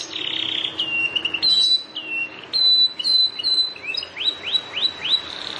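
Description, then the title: Plain prinia song: thin buzzy and level whistled notes, then a quick run of four rising upslurred notes near the end. "Ciblek Sawah"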